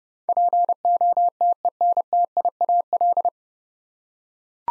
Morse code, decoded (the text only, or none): POTENTIAL